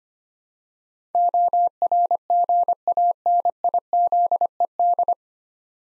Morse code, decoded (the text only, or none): ORGANIZED